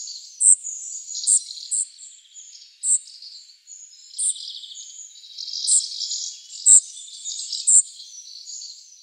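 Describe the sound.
Spotted flycatcher calls: a run of high, thin chips and squeaks repeated at irregular intervals over a continuous high hissing background.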